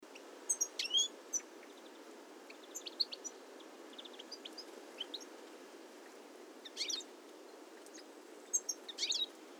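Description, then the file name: European goldfinch calls: short bursts of high, tinkling twittered notes near the start, around seven seconds and again near nine seconds, with scattered faint chirps between over steady background hiss. "Carduelis carduelis"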